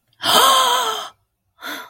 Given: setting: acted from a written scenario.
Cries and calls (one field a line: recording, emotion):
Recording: vocal sound without words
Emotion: awe